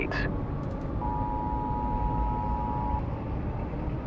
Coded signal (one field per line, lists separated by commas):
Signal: Emergency Alert System (SAME) tones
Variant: 853 and 960 Hz attention tone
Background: speech